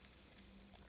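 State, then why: Released. A Microsoft Lumia 550 plastic smartphone is twisted slightly in the hands, and its body unclips and pops out of its removable plastic back shell. Light clacks are heard at 0.1 s and 0.8 s over a steady low hum. The phone body comes free of the shell.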